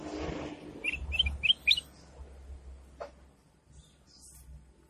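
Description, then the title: Sooty-headed bulbul singing a brisk run of four or five bright, bubbly notes, then a few faint high chirps, with a steady low hum underneath. "Suara Burung Kutilang"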